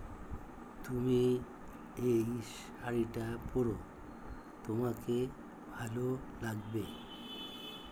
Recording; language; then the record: elicited speech; Bengali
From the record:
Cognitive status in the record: dementia